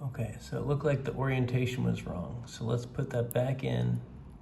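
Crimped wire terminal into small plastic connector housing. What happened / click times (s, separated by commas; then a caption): Handled, not yet home: no seating click heard / none. Someone talks while handling a crimped wire terminal that had pulled out of a small plastic 2-pin JST-ZH connector housing because its orientation was wrong, turning it to the right orientation to push it back in. Nothing has seated or clicked yet.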